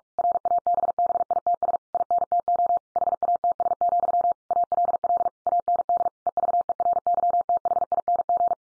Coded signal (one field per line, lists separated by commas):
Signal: Morse code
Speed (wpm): 46 wpm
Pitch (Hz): 700 Hz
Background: none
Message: RABBITS INTO HATS, ALL AND EVERYTHING